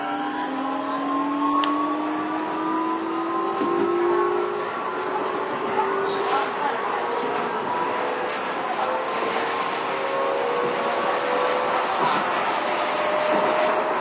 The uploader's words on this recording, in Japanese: 京王9000系 高尾山口〜つつじヶ丘。快速つつじヶ丘行を録音。